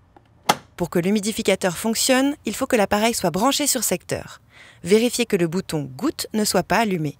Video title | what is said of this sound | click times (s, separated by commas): Ta Prismavent 40® en vidéo (version sous-titrée) | Glissez délicatement l'humidificateur rempli dans son emplacement jusqu'à entendre le clac. | 0.5 s